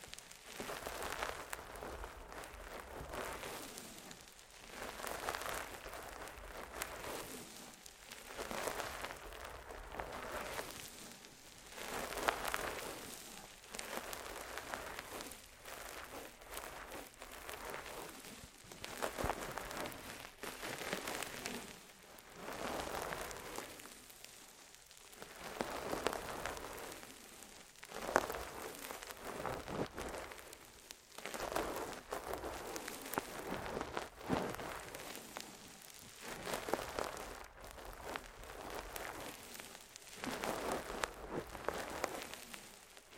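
An intense ear massage: dense, crackling rubbing sounds that swell and fade in waves every two to three seconds. The texture is bright and gritty, like patter or rustling, with occasional sharper scratches and brief quieter gaps between strokes, and no voice.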